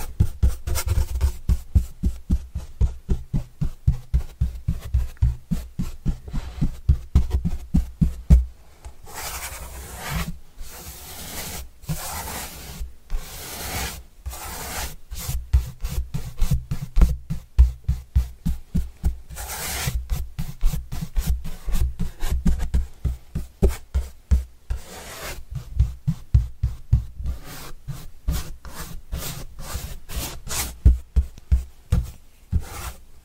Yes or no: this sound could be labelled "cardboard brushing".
yes